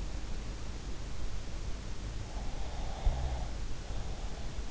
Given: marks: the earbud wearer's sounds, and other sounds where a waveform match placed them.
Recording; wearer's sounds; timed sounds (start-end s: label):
sounds in sleep by an in-ear microphone; breath
2.19-4.52 s: breath